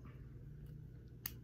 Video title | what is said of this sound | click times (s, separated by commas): Deejo Knife review and a simple design with complex art | very very simply put together the knife doesn't even fully hide away it just clicks back into place | 1.3 s